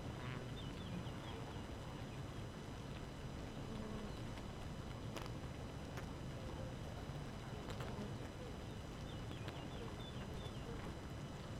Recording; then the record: honeybee colony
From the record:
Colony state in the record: active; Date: 12 June 2018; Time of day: 4:40